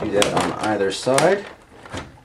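A plastic piece of a transforming toy robot is handled as it is pushed toward its slot in the robot's body, on either side, while someone talks. A brief faint sound occurs near 1.9 s, but nothing has seated or clicked yet, as the clip ends just before the part goes home.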